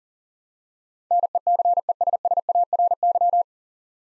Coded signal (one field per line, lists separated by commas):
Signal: Morse code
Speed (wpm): 40 wpm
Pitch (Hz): 700 Hz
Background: none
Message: NECESSARY